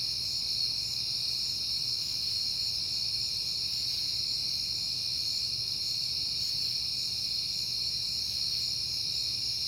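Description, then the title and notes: Crickets chirping in a dense, steady high-pitched chorus that continues unbroken, with a low faint rumble underneath. Recorded on a peaceful September night. "Night Time: Crickets and Passing Cars. It is September and I have been hearing the crickets a lot, but finally had a peaceful night to make the recording"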